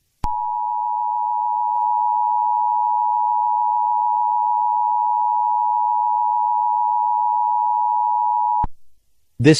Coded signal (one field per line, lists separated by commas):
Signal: Emergency Alert System (SAME) tones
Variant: 853 and 960 Hz attention tone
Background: speech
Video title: EAS Scenario #21: FireBall